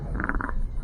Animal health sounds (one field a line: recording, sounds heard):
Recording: poultry house recording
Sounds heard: sick chickens (respiratory disease)